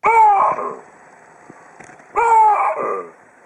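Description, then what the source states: Baboon calls: two loud, harmonic barking calls, each a short two-part sound sliding between vowel-like tones, separated by a short quiet gap. Calls chaining two vowels together, sounding like 'waouh'.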